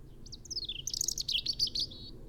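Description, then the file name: European robin singing a fast, tinkling phrase of high, thin notes that trickle down, then burst into rapid sparkling twitters. "Erithacus rubecula"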